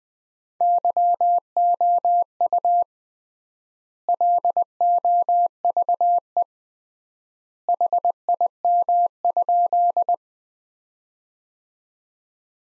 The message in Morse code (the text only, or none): YOU LOVE HIM?